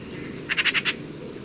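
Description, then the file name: Eurasian magpie chattering, a quick burst of five harsh, grating notes, then quiet with low background hum. "Pica pica"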